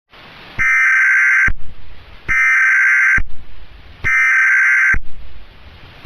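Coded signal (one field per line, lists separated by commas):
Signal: Emergency Alert System (SAME) tones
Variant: header bursts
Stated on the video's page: EAS tones in a fictional train derailment scenario, stated to be fake but containing valid tones.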